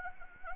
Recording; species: mosquito wingbeat signal from an infrared sensor; Anopheles gambiae